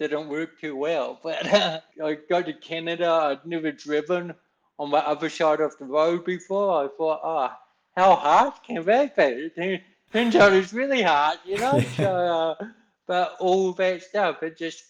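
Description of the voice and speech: An adult man tells a conversational story in short, effortful phrases with stretched vowels, some nasal and blurred consonants, and wide pitch swings. This is dysarthric speech from cerebral palsy, present since birth, which affects control of the muscles used for talking; his speech always sounds this way.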